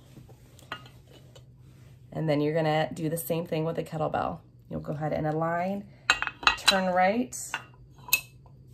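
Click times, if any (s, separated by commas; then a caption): 8.1 s. A kettlebell handle from a Nimsqury 2-in-1 adjustable kettlebell set is aligned with the weight block and turned right until it locks. Someone talks over light clinks, and a sharp click at 8.1 s marks the handle seating firmly onto the weight.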